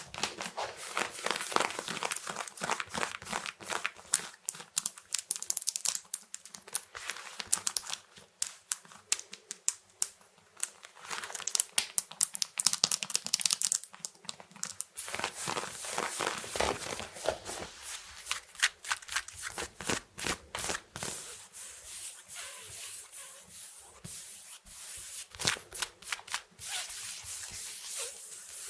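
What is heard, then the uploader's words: Fabric is scratched fast and hard in dense, rapid strokes that crackle with a bright, hissy edge. The scratching is busiest in the first half and eases into lighter, sparser rubbing after about twenty seconds. ASMR fast and aggressive fabric scratching.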